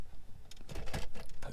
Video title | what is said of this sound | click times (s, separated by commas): 2007 Chrysler Sebring Shift Cable Bushings Replacement - HOW TO - TUTORIAL | everything just clicks back into place so | 0.5 s, 1.4 s